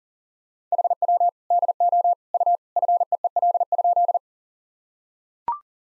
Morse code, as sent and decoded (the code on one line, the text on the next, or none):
.... .-- / -.. --- / ..- / ..-. . . .-.. ..--..
HW DO U FEEL?